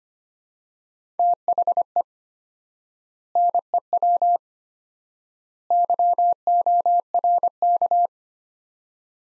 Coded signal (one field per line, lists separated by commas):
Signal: Morse code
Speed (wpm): 25 wpm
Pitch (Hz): 700 Hz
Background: none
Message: THE NEW YORK